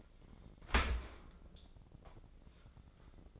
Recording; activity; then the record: daily activity, microphone in the room; open dishwasher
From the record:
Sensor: 5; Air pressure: 1012.4 hPa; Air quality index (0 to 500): 159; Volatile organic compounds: 2 ppm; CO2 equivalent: 1083 ppm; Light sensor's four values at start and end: 107/257/109/122 and 108/258/109/123